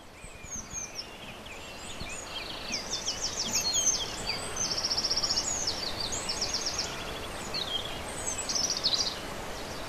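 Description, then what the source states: European robin song of high, sweet phrases with rapid buzzy trills, several bursts in close succession over a steady background hiss. Recorded 27 April 2011.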